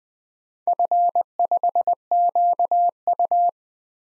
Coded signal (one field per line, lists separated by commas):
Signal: Morse code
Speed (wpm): 20 wpm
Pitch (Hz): 700 Hz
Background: none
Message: F5QU